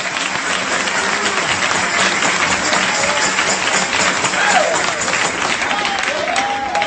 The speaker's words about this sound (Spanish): Qué aplauso más aguado, como que es para Donald Trump.